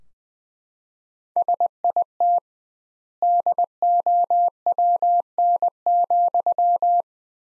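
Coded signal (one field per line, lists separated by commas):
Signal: Morse code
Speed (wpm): 20 wpm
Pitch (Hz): 700 Hz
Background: none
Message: SIT DOWN,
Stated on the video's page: Morse practice at 20 wpm: sentences from the top 500 words, sent with twice the standard word spacing, a word-level analogue of Farnsworth.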